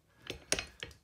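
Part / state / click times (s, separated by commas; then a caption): folding base leg of a metal laptop stand / released / 0.5 s. The folding metal base leg of a Hercules DG400BB laptop stand is swung open, with light metallic clinks at 0.3 s, 0.6 s and 0.8 s. The loudest sharp click, at 0.5 s, is the joint clicking into the open position, so the base is released open.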